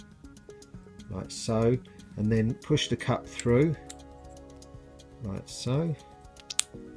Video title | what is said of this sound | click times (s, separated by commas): Losi 8ight 3.0 e buggy diff rebuild | see it till that clicks into place and then stick | 6.6 s